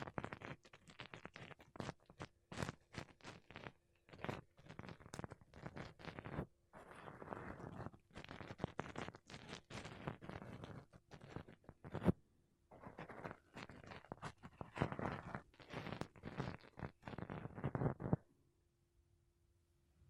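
Makeup brushes and a sponge brush across a microphone in quick, dense strokes, each a bright rasping swish. The strokes come in rapid bursts with brief pauses near 6.5 and 12 seconds. A low steady hum sits underneath and is left alone in the last two seconds.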